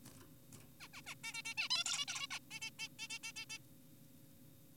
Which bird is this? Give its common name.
Zebra Finch